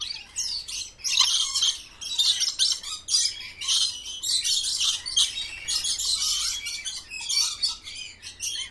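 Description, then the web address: Parrots screech and chatter continuously, loud rasping bursts rising and falling in intensity across the recording. Parrots kept in cages at a zoo. "sound from a zoo where parrots are kept in cages"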